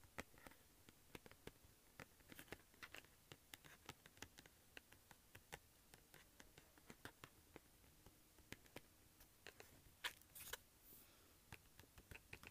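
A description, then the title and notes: Fingers scratch and tap on cardboard in a quick, uneven patter of dry clicks and scrapes that carries on without pause. The taps come several per second, sharp and bright, with a few louder knocks around ten seconds and a soft hiss underneath. ASMR Scratching and Tapping Cardboard.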